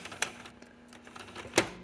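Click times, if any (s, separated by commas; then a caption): 1.6 s. A new toner cartridge is pushed back into the cartridge slot of a Canon imageRUNNER Advance C2030/2020 copier until it locks. A sharp tick at 0.2 s and faint scraping ticks lead up to a loud, solid click at 1.6 s, followed by a short low ring. The cartridge locks into place at 1.6 s.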